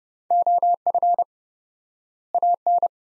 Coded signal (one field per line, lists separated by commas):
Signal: Morse code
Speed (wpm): 31 wpm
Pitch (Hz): 700 Hz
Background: none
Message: OF AN